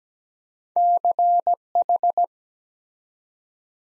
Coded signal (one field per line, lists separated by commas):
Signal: Morse code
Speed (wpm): 17 wpm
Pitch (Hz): 700 Hz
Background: none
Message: CH